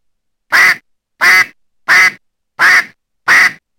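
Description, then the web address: Mallard giving five loud, harsh quacks evenly spaced about every 0.7 seconds, with silence between them. Summons call (Polish 'wezwanie'). "krzyzowka wezwanie"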